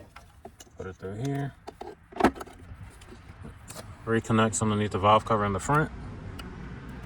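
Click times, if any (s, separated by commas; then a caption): 6.4 s. While reinstalling the top section after installing a front Magnaflow catalytic converter on a 7th gen Maxima, a connector is reconnected underneath the front of the valve cover. Someone talks over light handling sounds, then a single short click is heard at 6.4 s as the connector seats in place.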